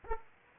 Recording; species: mosquito wingbeat signal from an infrared sensor; Aedes aegypti